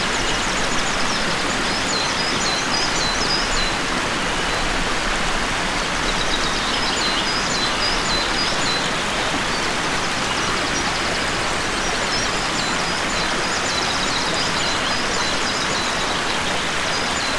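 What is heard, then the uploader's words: A forest in the early morning, filled with a steady, dense rush like flowing water or wind through trees that never lets up. Faint, high bird calls repeat now and then across the whole stretch, sitting thinly above the constant wash. NATURE AWAKENS • An Early Morning Forest Recording.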